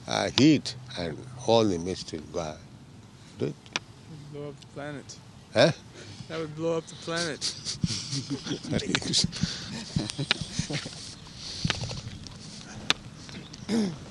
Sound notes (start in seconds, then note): 6.8 laughs; 7.4 laughter